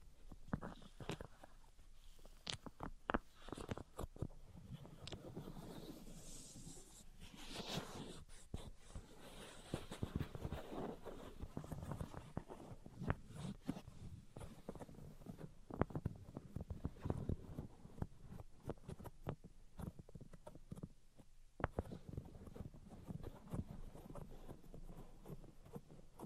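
Tapping, scratching and tracing sounds continue for the whole clip, with sharp taps scattered densely among softer rubbing strokes. The pace is irregular and busy, with brighter scratchy passages around the fifth to tenth seconds and a brief pause near twenty-one seconds.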